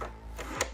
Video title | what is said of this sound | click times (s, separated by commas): The Future of Home Gym Workouts?- Speediance Smart Gym | and then it pops right in | 0.6 s